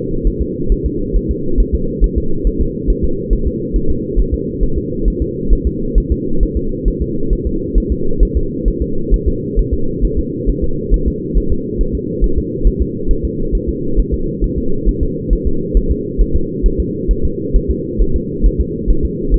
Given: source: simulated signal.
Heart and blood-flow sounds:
fetal heart sounds
0.27 s: S1
0.42 s: S2
0.72 s: S1
0.86 s: S2
1.16 s: S1
1.31 s: S2
1.60 s: S1
1.75 s: S2
2.04 s: S1
2.18 s: S2
2.47 s: S1
2.61 s: S2
2.90 s: S1
3.05 s: S2
3.33 s: S1
3.47 s: S2
3.76 s: S1
3.91 s: S2
4.20 s: S1
4.34 s: S2
4.63 s: S1
4.78 s: S2
5.08 s: S1
5.22 s: S2
5.53 s: S1
5.67 s: S2
5.98 s: S1
6.12 s: S2
6.43 s: S1
6.57 s: S2
6.88 s: S1
7.02 s: S2
7.33 s: S1
7.47 s: S2
7.78 s: S1
7.92 s: S2
8.23 s: S1
8.37 s: S2
8.68 s: S1
8.82 s: S2
9.14 s: S1
9.28 s: S2
9.59 s: S1
9.74 s: S2
10.05 s: S1
10.19 s: S2
10.50 s: S1
10.64 s: S2
10.94 s: S1
11.08 s: S2
11.38 s: S1
11.52 s: S2
11.81 s: S1
11.95 s: S2
12.24 s: S1
12.38 s: S2
12.67 s: S1
12.82 s: S2
13.11 s: S1
13.25 s: S2
13.55 s: S1
13.69 s: S2
14.00 s: S1
14.14 s: S2
14.44 s: S1
14.58 s: S2
14.89 s: S1
15.03 s: S2
15.33 s: S1
15.47 s: S2
15.77 s: S1
15.91 s: S2
16.21 s: S1
16.36 s: S2
16.66 s: S1
16.80 s: S2
17.11 s: S1
17.25 s: S2
17.56 s: S1
17.71 s: S2
18.02 s: S1
18.16 s: S2
18.46 s: S1
18.61 s: S2
18.91 s: S1
19.05 s: S2
19.34 s: S1
From the record:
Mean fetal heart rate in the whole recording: 135 bpm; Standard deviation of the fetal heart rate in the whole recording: 3 bpm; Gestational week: 36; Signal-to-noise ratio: -8.1 dB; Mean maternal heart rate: 72 bpm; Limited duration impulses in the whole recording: present

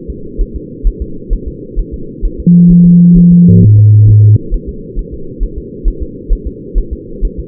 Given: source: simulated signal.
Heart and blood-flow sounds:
fetal heart sounds
0.10 s: S2
0.41 s: S1
0.56 s: S2
0.87 s: S1
1.02 s: S2
1.33 s: S1
1.48 s: S2
1.79 s: S1
1.94 s: S2
2.25 s: S1
2.40 s: S2
2.71 s: S1
2.86 s: S2
3.18 s: S1
3.32 s: S2
3.63 s: S1
3.78 s: S2
4.09 s: S1
4.24 s: S2
4.54 s: S1
4.69 s: S2
4.99 s: S1
5.14 s: S2
5.43 s: S1
5.58 s: S2
5.88 s: S1
6.03 s: S2
6.32 s: S1
6.47 s: S2
6.78 s: S1
6.93 s: S2
7.25 s: S1
7.39 s: S2
From the record:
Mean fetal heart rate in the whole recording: 130 bpm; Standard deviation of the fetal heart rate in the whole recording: 4 bpm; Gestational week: 38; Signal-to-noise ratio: -4.3 dB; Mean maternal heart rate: 72 bpm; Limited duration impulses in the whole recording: present

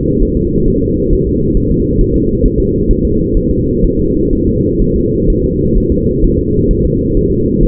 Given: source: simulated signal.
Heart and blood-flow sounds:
fetal heart sounds
0.22 s: S1
0.37 s: S2
0.68 s: S1
0.82 s: S2
1.13 s: S1
1.27 s: S2
1.57 s: S1
1.71 s: S2
2.01 s: S1
2.16 s: S2
2.46 s: S1
2.60 s: S2
2.91 s: S1
3.05 s: S2
3.37 s: S1
3.51 s: S2
3.84 s: S1
3.99 s: S2
4.33 s: S1
4.47 s: S2
4.82 s: S1
4.96 s: S2
5.30 s: S1
5.44 s: S2
5.78 s: S1
5.92 s: S2
6.24 s: S1
6.39 s: S2
6.71 s: S1
6.85 s: S2
7.17 s: S1
7.31 s: S2
7.63 s: S1
From the record:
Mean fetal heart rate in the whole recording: 130 bpm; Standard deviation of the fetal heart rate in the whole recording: 4 bpm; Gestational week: 38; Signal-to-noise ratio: -10.2 dB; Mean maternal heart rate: 72 bpm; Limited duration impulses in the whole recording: present

